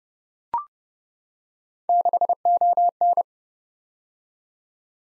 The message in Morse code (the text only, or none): 6ON